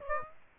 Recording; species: mosquito wingbeat signal from an infrared sensor; Aedes aegypti